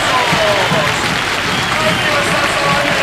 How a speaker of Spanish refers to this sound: Sus hinchas aplaudiendo, gritando a todos sus jugadores que se van, se meten por la manga, y Gimnasia en el círculo central, levantando los brazos, y escuchen.